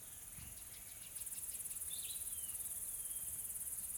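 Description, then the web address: Insects trilling in a high, rapidly pulsed band that grows louder partway through, with a few brief fainter calls overlaid. Soft, calm insect ambience in a tropical forest in South Africa. "Smart Sound FX - Nature South Africa AMBIENCE Additional Tropical Forest Soft Insects Calm"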